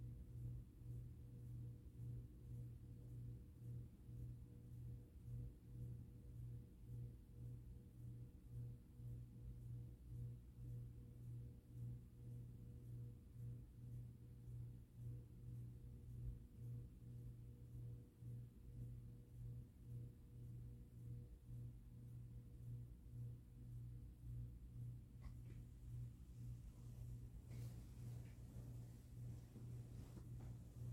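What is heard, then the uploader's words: A ceiling fan hums steadily, a low droning tone with a faint pulsing throb from the turning blades, and a thin higher whine on top. Around 25 seconds the sound shifts as something stirs, adding brief rustling toward the end. This is a recording of my ceiling fan and me turning in my sleep.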